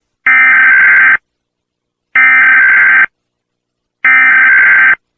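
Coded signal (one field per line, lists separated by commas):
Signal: Emergency Alert System (SAME) tones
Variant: header bursts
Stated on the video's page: Fictional alert from an analog horror film.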